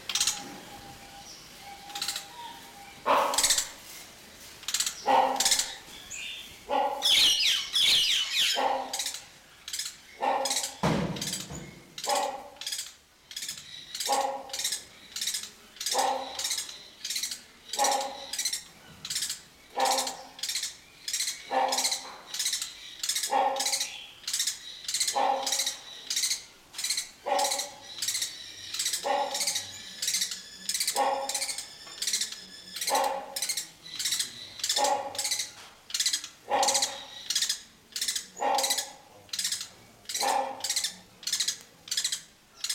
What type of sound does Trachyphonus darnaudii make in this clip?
trumpet call